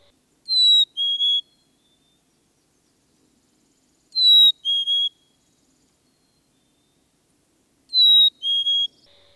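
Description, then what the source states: Black-capped Chickadee whistled song: clear two-note phrases, a higher pure note dropping to a lower one, repeated three times about every four seconds in quiet surroundings. Song is a simple, pure two- or three-note whistle rendered 'Phoebe', 'hey, sweetie' or 'spring's coming'; second note lower in pitch than the first.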